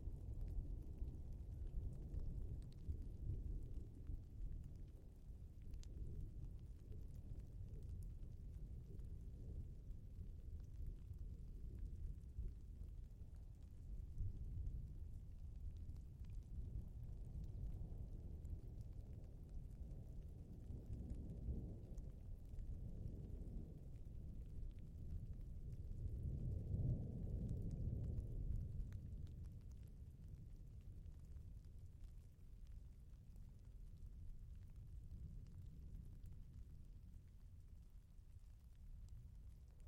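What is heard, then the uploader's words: Thunder rolls across open mountain country, a deep, muffled rumble that never fully fades over the forty seconds. The low roar swells around the middle and peaks near twenty-seven seconds before easing off, with no rain heard and only faint high crackle above. Colockum Pass, Naneum Reserve, Kittitas County, WA, rare tunderstorm booms on the eastern slope of Cascade Mountains, dry thunder. Recorded in the beautiful Pacific Northwest in Washington, WA, United States.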